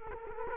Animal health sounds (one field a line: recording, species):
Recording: mosquito wingbeat signal from an infrared sensor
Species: Culex quinquefasciatus